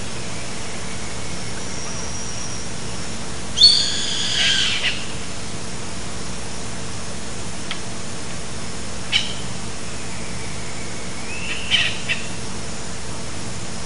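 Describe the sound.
Bird calls: a few short harsh bursts with layered overtones, separated by gaps, over a steady low background hum.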